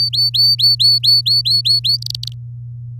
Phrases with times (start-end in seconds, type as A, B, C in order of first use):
0.00-1.97 A, 2.02-2.32 B